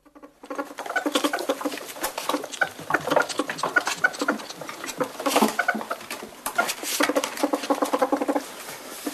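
European polecat chattering: rapid pulsed, harmonic clucks in quick runs, rising and falling in loudness across the whole stretch, with scattered sharp clicks.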